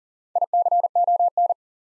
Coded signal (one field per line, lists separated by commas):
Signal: Morse code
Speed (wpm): 40 wpm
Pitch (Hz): 700 Hz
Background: none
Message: ICON